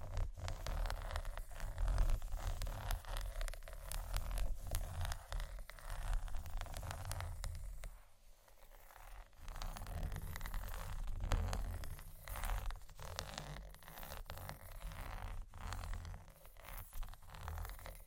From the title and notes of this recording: ASMR Chocolate Scratching & Tapping Low Lights（No Talking）.